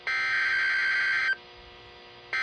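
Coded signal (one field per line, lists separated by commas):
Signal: Emergency Alert System (SAME) tones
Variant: header bursts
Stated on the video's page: Watches and warnings received on NOAA Weather Radio.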